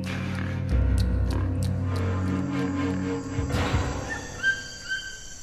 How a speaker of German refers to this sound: Im Urwald ist es laut. Die Geräusche kommen von Grillen, Fröschen, Vögeln, Affen.